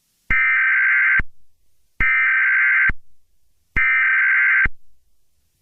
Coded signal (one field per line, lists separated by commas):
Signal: Emergency Alert System (SAME) tones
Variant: header bursts